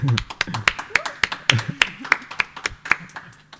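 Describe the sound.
A small audience claps in a quick, fairly steady run of sharp, distinct hand claps lasting a few seconds, with a voice briefly audible underneath at the start.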